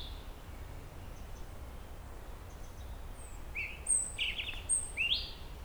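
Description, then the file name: European robin singing a few short, high, thin phrases in the second half, including rising slurs and a brief trill, after a quiet start with hiss. "Erithacus rubecula"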